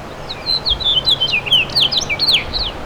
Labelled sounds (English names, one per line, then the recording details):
House Finch song
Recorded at East Hampton on Long Island, New York, on 15 June 2013
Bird A